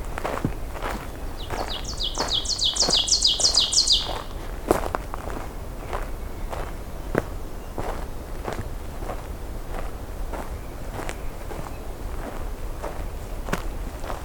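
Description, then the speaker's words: Ovenbird song: a short series of repeated high two-note phrases, over steady footsteps on a trail. Teacher, teacher, teacher song heard on an overcast early June morning hike at Johnston Harbour in 2022. "Teacher, teacher, teacher song, which is the oven bird."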